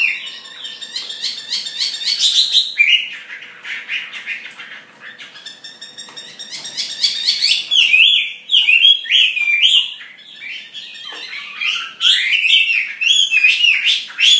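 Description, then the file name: Chinese hwamei song: a long, varied run of quick trills and loud looping whistled notes rising and falling in rapid series. "audio gathering hwamei. omkicau"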